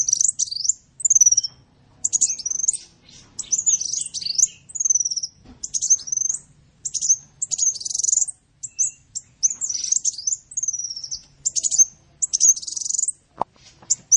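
Bird singing high, lively phrases of looped, twisting notes and short rattles in many short bursts, with one sharp click near the end.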